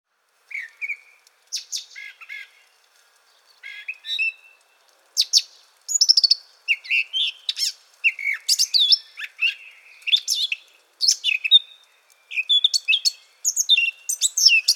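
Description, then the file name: Eurasian blackcap warbling a long, varied song: soft scattered notes at first, then dense rapid phrases of sweet whistles and chirps. "Sylvia atricapilla"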